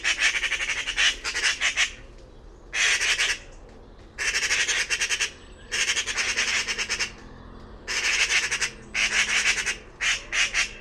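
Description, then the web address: Bird calling with grating, buzzy squawks in long and short bursts, separated by brief pauses, with a faint low hum underneath. "cianscape birddata Deverinetal 2025"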